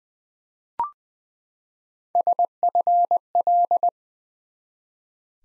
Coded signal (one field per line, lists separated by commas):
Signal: Morse code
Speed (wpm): 20 wpm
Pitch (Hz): 700 Hz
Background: none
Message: SFL